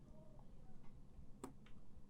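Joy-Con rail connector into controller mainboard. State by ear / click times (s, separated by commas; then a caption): not seated / none. A removed Joy-Con rail connector is being pushed back into its spot on the controller mainboard. Faint handling noises and a single brief, sharp tick at about 1.4 s are heard. Nothing has seated or clicked into place yet.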